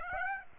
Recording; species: mosquito wingbeat signal from an infrared sensor; Aedes aegypti